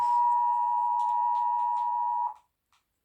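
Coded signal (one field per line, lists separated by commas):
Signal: Emergency Alert System (SAME) tones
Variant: 853 and 960 Hz attention tone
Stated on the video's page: Homemade EAS alarm.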